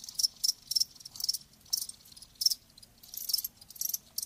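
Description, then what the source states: Crickets chirp in bright high-pitched pulses, some alone and some in quick clusters, over quiet background. Live crickets chirping, presented as a sleep sound.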